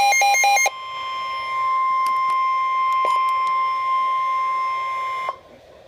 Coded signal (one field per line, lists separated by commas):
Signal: Emergency Alert System (SAME) tones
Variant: 1050 Hz attention tone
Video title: Severe Thunderstorm Warning - EAS #404